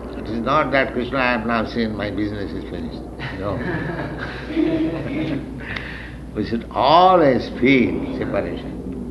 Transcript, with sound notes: It is not that "Kṛṣṇa I have now seen; my business is finished." No. [laughter] We should always feel separation.